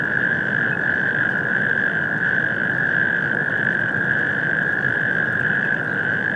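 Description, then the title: Natterjack toad chorus, many rattling trills running together into a constant buzzing hum, faint low rumble underneath. Several natterjack toads on an industrial wasteland at Stockstadt am Main, heard from the Main riverbank at Mainaschaff, Germany, warm spring night shortly before 22:00; mid-side stereo, Rycote HC-22, EM283 microphones, MixPre-6 II. "Mainufer, Mainaschaff, Deutschland. Kreuzkröten - Kreuzkröten auf der Industriebrache Stockstadt Kai 6"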